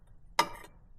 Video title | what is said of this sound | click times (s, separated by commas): Why did I buy a beat-up and broken snowblower? To fix it | there we go did you hear that click it's in | 0.4 s